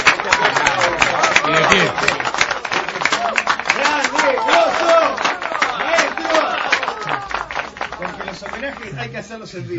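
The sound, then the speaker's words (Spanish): Steady applause from a group, dense rapid clapping filling the whole stretch, with voices calling out and chattering over it before it thins slightly at the end. “vamos todos con un aplauso para Gustavo Rey”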